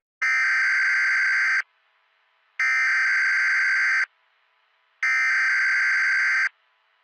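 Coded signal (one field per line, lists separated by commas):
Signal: Emergency Alert System (SAME) tones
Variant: header bursts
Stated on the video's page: Fictional EAS scenario, a simulated alert.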